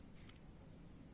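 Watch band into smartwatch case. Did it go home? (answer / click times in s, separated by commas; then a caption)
no / none. A watch band end is being handled against the case of a Nexus P90 smartwatch, with a faint, steady background noise and two brief, soft ticks around 0.3 seconds. The band has not snapped or seated into the case yet.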